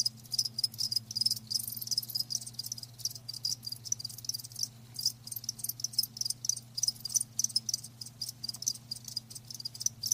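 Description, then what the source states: Crickets with bright, high pulsed chirps repeating steadily in short trains, a low droning hum running beneath. Live crickets chirping, a lulling song.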